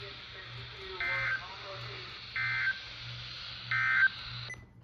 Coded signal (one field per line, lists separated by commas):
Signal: Emergency Alert System (SAME) tones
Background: speech